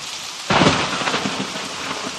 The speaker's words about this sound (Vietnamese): Giữa tiếng sấm sét có tiếng ầm ầm, không rõ là tiếng gì. Đường xô về chúng tôi nghe như tiếng gió ngựa của cả một trung đoàn kỵ binh chạy tránh cơn giông.